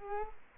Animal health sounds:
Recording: mosquito wingbeat signal from an infrared sensor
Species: Culex quinquefasciatus

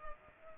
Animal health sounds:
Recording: mosquito wingbeat signal from an infrared sensor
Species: Culex pipiens

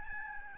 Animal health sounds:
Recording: mosquito wingbeat signal from an infrared sensor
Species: Aedes albopictus

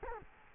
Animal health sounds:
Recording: mosquito wingbeat signal from an infrared sensor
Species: Culex quinquefasciatus

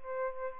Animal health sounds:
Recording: mosquito wingbeat signal from an infrared sensor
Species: Aedes albopictus

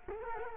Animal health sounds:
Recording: mosquito wingbeat signal from an infrared sensor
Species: Culex quinquefasciatus

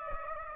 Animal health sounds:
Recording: mosquito wingbeat signal from an infrared sensor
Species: Aedes aegypti

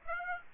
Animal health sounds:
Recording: mosquito wingbeat signal from an infrared sensor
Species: Aedes aegypti

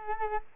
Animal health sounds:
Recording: mosquito wingbeat signal from an infrared sensor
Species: Culex quinquefasciatus

